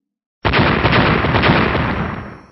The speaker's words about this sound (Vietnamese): Giữa không trung lập tức vang lên tiếng nổ mãnh liệt, vô số hồ quang điện màu bạc từ cơ thể của hắn bắn ra, lập tức hình thành một trận pháp lôi quang lập lòe ánh sáng bạc xung quanh hắn.